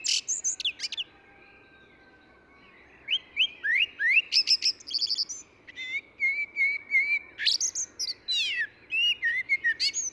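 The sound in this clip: Eurasian blackbird song: bursts of varied whistled phrases with high squeaky twittering endings, separated by pauses, over faint background noise.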